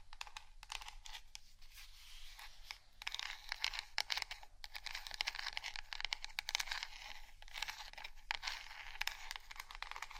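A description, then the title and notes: Gentle scratching and tapping, crisp, with rapid dense clicks, brief pauses near two and four seconds, and a faint low hum beneath. ASMR Gentle Scratching & Tapping For Sleep (No Talking).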